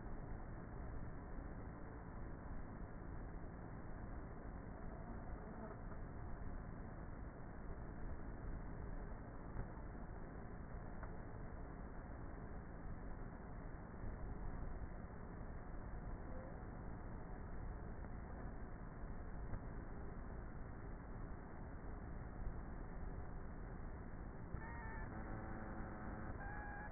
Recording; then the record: honeybee colony, microphone inside the hive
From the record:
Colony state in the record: queenless with a low population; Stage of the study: before two queens were removed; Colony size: about 30,000 bees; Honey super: no